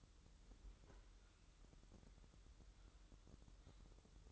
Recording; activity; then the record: daily activity, microphone in the room; open fridge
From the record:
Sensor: 3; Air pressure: 988.4 hPa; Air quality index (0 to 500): 194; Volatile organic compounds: 292 ppm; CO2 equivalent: 4464 ppm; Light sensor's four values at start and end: 24/75/31/27 and 24/75/31/27